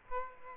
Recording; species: mosquito wingbeat signal from an infrared sensor; Aedes aegypti